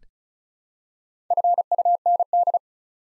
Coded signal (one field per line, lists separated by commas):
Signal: Morse code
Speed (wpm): 36 wpm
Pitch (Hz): 700 Hz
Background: none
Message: FUND